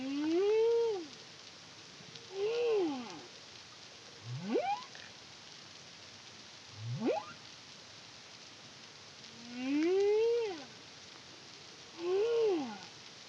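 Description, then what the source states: Humpback whale song: arched harmonic moans in pairs on either side of two fast upward sweeps, a unit roughly every two seconds. Caribbean, CARIMAM project, 2023.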